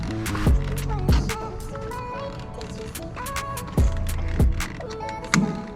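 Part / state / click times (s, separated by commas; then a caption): locking fuel filler cap onto the truck's filler neck / torque reached / 5.3 s. A keyed locking fuel filler cap is screwed clockwise onto the filler neck of an S10 truck after the key is removed, tightened until its ratchet clicks. Over background music, a sharp ratchet click is heard at 5.3 s, and the cap is confirmed tight.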